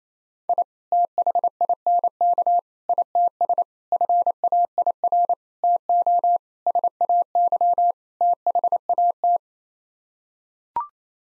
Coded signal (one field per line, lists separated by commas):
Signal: Morse code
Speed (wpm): 28 wpm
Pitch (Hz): 700 Hz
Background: none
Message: I THINK ITS FAIR TO SAY THAT